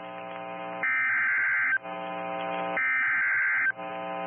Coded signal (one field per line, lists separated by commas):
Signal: Emergency Alert System (SAME) tones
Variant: header bursts